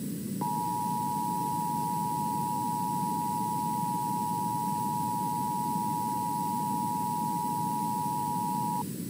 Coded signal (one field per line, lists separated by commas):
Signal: Emergency Alert System (SAME) tones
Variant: 853 and 960 Hz attention tone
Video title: EAS 1367: Washington State Amber Alert